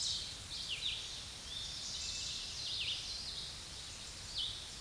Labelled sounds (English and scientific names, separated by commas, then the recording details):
Red-eyed Vireo (Vireo olivaceus) song
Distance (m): 50 m
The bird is about 30 m above the microphone
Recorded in a Pennsylvania forest on 16 May 2024 at 07:48
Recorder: AudioMoth, point MSD-2146
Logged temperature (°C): 16.7 °C
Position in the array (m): 147 m, 38 m